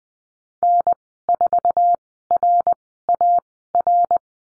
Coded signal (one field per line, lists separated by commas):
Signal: Morse code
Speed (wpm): 20 wpm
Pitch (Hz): 700 Hz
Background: none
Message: N4RAR